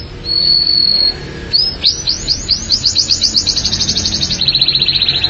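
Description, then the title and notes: Canary singing a held whistle, then a series of down-swept notes that quicken into a fast, even trill. "BM Suara Kenari. BM Suara Burung Kenari"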